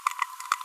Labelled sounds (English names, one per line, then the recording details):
Green-rumped Parrotlet babbling
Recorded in a nest box in Venezuela
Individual 18B25A3